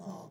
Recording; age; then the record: pig call; piglet (1 to 25 days)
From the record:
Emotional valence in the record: negative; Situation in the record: long isolation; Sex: male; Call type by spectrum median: low-frequency call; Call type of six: low-frequency modulated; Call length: 0.31 s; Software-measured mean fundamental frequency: 65 Hz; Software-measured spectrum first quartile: 196 Hz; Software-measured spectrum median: 402 Hz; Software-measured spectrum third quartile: 889 Hz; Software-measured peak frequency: 186 Hz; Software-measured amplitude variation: 117 dB a second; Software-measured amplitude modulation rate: 24.2 a second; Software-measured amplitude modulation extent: 4.8 dB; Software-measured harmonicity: 3.0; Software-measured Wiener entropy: -0.22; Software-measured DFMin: 957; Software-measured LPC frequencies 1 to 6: 820, 3281, 4384, 5350, 5988, 6847 Hz